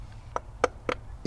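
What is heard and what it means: The rear spark plug HT lead cap, a rubber boot, is pushed onto the spark plug terminal of a Suzuki SV 650 motorcycle engine. Short, sharp clicks sound at about 0.4, 0.6 and 0.9 seconds, followed by a louder burst near 1.3 seconds. The cap seats with a positive click at 0.6 seconds, and the back plug is done.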